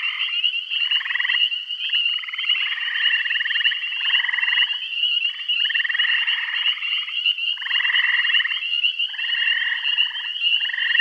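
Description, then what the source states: Frog chorus of rasping trilled calls, many overlapping, with short gaps between bursts and a constant shrill hum above them. Bath County.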